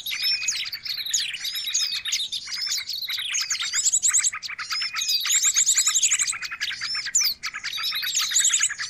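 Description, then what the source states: Birds chirp and whistle in an unbroken jumble, with scattered high trilled phrases. Noisy bird chatter used as a lure (pikat) for catching birds.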